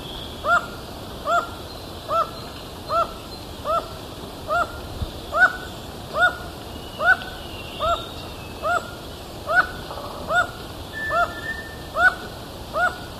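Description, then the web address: Black-mandibled toucan repeating a sharp yelping note evenly, a little more than once a second. Recorded in Ecuador. "Birds of Ecuador. Black-mandibled Toucan"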